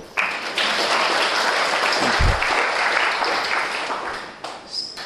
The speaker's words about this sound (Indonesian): Terima kasih ya yang tepuk tangan ya. Nah, sekarang kita tepuk tangan buat yang tepuk tangan.